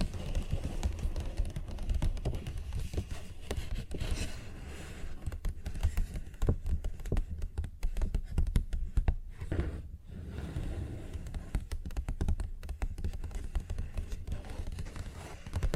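A paper bag is tapped and scratched continuously, making a dense, busy rustle of soft thumps and papery scrapes. The sound is strongest in the low end, with quick irregular taps throughout and brief near-pauses around seconds 9 and 10.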